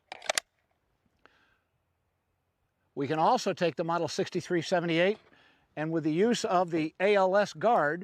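A pistol, apparently with its weapon light removed, is pushed down into a polymer automatic-locking retention holster (model 6378), and its locking system catches the gun with sharp clicks at 0.3 s and 0.4 s, so the pistol is seated and held. After a faint tick near 1.3 s and a short quiet stretch, someone talks from about 3 s on.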